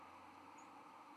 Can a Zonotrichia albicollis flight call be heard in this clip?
no